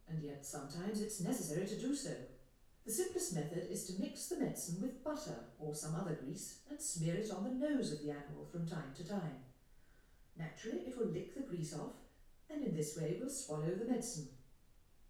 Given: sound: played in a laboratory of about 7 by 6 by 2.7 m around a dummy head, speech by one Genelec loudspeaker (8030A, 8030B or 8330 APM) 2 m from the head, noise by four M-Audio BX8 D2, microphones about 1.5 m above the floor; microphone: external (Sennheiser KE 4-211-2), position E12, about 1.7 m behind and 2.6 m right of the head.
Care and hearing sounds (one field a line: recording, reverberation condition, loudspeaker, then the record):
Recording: female speech in English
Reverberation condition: medium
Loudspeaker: 30 degrees to the right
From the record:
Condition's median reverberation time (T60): about 510 ms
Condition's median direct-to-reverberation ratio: about -0.5 dB